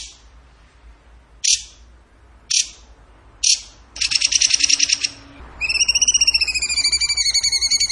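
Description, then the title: Bird song opens with three sharp, high chips spaced about a second apart, followed by a rapid rattling burst and then a long run of wavering whistles. Masteran (training recording) of a bird singing in the tembakan gacor style. "Masteran Burung Tembakan Gacor"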